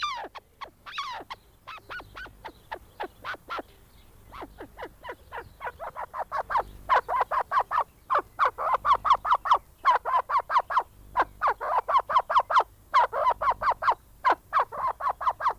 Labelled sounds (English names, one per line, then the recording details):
Arabian Partridge call
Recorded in captivity
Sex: male
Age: adult
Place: Tierpark Berlin, Berlin, DE
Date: 1998-03-28 10:27
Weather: bedeckt, ca. 10°C
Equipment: Nagra SN, Kopie Uher 4000 Report Monitor
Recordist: Tembrock, Günter